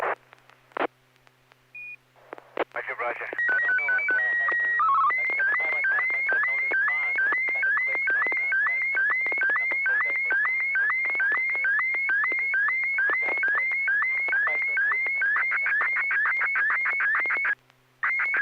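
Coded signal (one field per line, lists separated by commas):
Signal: SSTV (slow-scan television)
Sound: short stepping tone preamble, steady leader tone, then warbling tone with regular rapid ticks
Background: radio hum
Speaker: well I'm not sure what happened there because it looked I thought we were in the middle of a conversation and and hadn't gotten the request to to send the next picture yet yet another picture appeared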